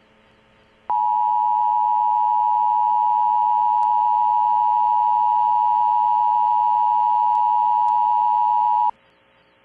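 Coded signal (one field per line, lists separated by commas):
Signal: Emergency Alert System (SAME) tones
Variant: 853 and 960 Hz attention tone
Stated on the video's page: Heard live on NOAA weather radio, though stated to be a fake recreation with the SAME headers edited out.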